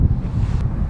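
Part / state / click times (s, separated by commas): vehicle door latching into its striker / not seated / none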